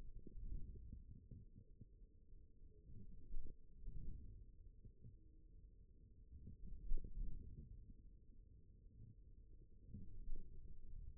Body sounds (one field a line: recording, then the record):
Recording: forearm muscle sounds (acoustic myography)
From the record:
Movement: forearm supination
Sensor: system 1, eight BSWA MPA416 microphones around the upper forearm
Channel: 4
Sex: male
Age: 41 years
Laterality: right